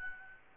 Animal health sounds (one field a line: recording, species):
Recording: mosquito wingbeat signal from an infrared sensor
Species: Aedes albopictus